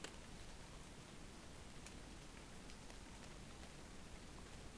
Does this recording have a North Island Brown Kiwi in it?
no